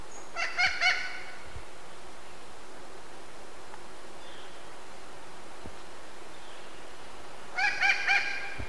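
Thick-billed parrot calls: a quick burst of three harsh, harmonic notes, then a long pause before a second similar burst, over steady low background hiss.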